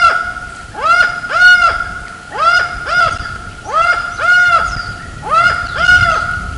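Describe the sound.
Laughing falcon giving a series of rich, hoarse two-note phrases, evenly repeated.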